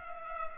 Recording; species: mosquito wingbeat signal from an infrared sensor; Culex pipiens